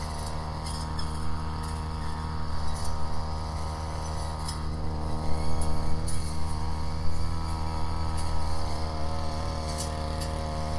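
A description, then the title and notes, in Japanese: A brush cutter runs without pause, its engine a steady low drone with a dense stack of humming tones reaching well up into a buzzing whine. The pitch wavers slightly as the load changes, and brief sharp ticks and swishes appear every second or two. 草刈機でひたすら草刈り。夏真っ盛り！少し日のかげりはじめる15時すぎから草刈機で草刈り。サツマイモの畝の間を行ったり来たりしながら、ツルを切らないよううに慎重に刈っていきます。農村の機械音の風景です。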